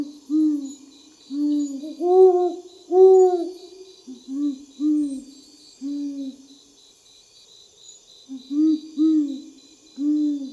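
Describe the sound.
Great horned owl hooting, deep soft hoots in short bursts of two or three, pausing between phrases, with a faint steady high hum behind.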